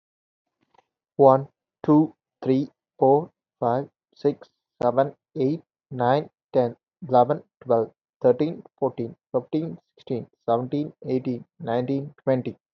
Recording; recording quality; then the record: counting at a normal pace; moderate, slight background noise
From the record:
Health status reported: healthy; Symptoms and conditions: none ticked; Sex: male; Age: 21 years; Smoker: not ticked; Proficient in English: yes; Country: India